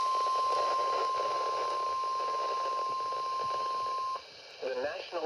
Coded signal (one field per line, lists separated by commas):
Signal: Emergency Alert System (SAME) tones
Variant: 1050 Hz attention tone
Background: speech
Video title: Severe thunderstorm warning (EAS #176) (Radio: midland wr120EZ) ( WXK20 ) 11-10-21 at 8:57PM